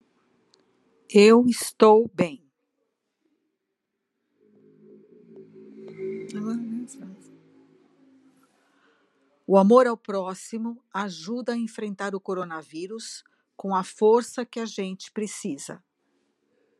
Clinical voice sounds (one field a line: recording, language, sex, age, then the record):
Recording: spoken sentence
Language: Brazilian Portuguese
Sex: female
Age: 60 to 69 years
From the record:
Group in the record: control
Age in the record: 61 years